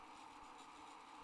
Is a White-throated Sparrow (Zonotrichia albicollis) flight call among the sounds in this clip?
no